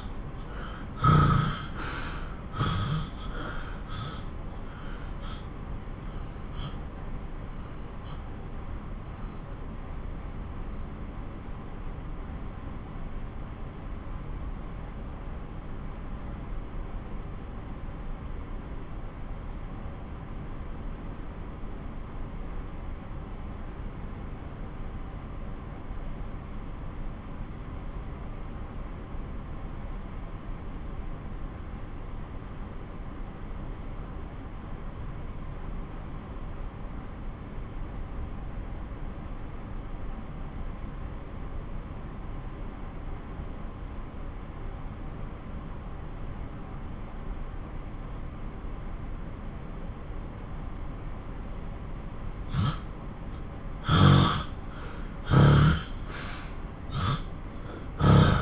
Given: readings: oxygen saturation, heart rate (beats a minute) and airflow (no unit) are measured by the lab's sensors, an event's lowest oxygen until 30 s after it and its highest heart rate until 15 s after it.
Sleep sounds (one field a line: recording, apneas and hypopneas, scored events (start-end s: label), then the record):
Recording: breathing in sleep by a smartphone at the bedside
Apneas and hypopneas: 1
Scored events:
4.00-34.00 s: new sleep stage, N1 (lightest sleep)
7.00-52.60 s: obstructive apnea (N1, oxygen 92% highest, then 89% lowest)
34.00-58.42 s: new sleep stage, N2 (light sleep)
From the record:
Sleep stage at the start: N2 (light sleep)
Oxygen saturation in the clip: 80 to 92%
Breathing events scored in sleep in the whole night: 217 in 6.3 hours asleep